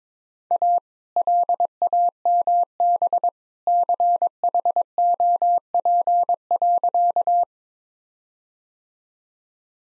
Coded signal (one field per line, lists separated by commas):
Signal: Morse code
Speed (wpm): 22 wpm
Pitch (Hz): 700 Hz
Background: none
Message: A LAMB CHOP.